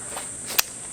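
A camping chair's two-stage backrest frame is pulled one more time until its lock clicks into place. A sharp, short click at 0.6 s stands out over a steady high-pitched hiss, with a faint softer rustle just before. The backrest frame is locked and seated.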